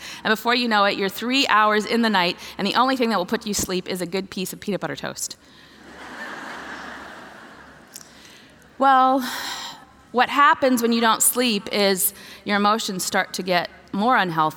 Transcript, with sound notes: And before you know it, you’re three hours into the night, and the only thing that will put you to sleep is a good piece of peanut butter toast! (laughter) Well, what happens when you don’t sleep is your emotions start to get more unhealthy.